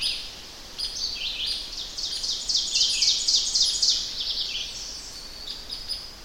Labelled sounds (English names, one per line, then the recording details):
Ovenbird song
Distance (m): 25 m
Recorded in boreal forest in Alberta, Canada, on 10 June 2016 at 07:01
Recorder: SongMeter 3, array SBT-3-39
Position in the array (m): 231 m, 95 m
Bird 17